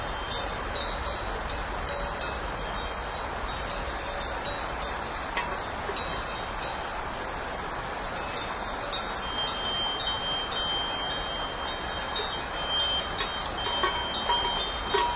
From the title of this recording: driving cows on the mountain road, crisp bells